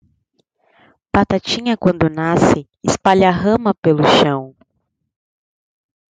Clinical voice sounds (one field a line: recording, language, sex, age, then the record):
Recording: short text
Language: Brazilian Portuguese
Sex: female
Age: 20 to 29 years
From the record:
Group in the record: control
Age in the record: 22 years